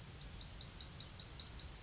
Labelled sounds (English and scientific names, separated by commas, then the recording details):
Yellowhammer (Emberiza citrinella) song
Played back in grassland
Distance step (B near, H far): D
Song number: 053